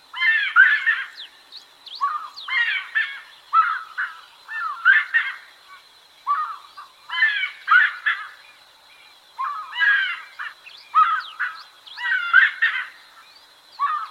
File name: Canto do saracuracu